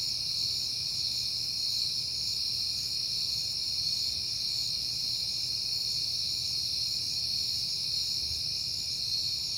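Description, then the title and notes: Crickets chirping in a dense, steady high-pitched chorus that never pauses, with a faint low rumble underneath. Crickets recorded on a peaceful night in September. "Night Time: Crickets and Passing Cars. It is September and I have been hearing the crickets a lot, but finally had a peaceful night to make the recording"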